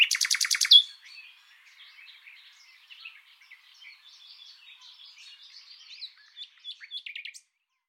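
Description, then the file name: Common nightingale ending a loud, rapid pulsed trill, followed by soft scratchy chatter and a brief quick trill near the end. "Luscinia megarhynchos"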